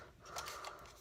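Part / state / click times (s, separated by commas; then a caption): folding arm into drone body hinge / not seated / none. The folded plastic arm of a foldable drone is swung out on its hinge in the drone body, producing soft scraping and rubbing handling noises with a few brief brighter bursts around 0.4 and 0.7 seconds. The clip ends before the arm locks open, so nothing has seated or clicked yet.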